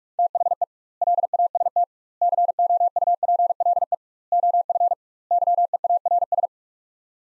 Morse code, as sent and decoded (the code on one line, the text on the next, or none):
- .... . / .-.. .- ... - / -.-. --- ..- .--. .-.. . / --- ..-. / -.-- . .- .-. ...
THE LAST COUPLE OF YEARS